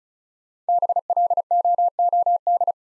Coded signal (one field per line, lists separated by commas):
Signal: Morse code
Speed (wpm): 36 wpm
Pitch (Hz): 700 Hz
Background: none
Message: BLOOD